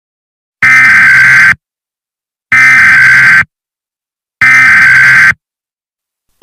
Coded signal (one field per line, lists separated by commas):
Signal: Emergency Alert System (SAME) tones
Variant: header bursts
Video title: EAS Scenario: Nuclear Attack